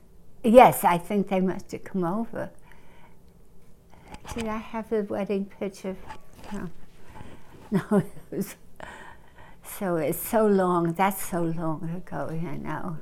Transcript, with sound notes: Yes, I think they must have come over. See, I have their wedding picture. (she gestures and laughs) No, it was so, so long, that's so long ago, you know.